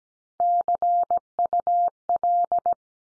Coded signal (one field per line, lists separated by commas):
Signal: Morse code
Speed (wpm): 17 wpm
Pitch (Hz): 700 Hz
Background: none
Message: CUL